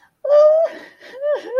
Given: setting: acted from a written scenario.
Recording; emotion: vocal sound without words; sadness